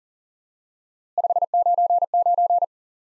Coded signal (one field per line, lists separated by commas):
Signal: Morse code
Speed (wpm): 44 wpm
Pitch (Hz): 700 Hz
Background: none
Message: 599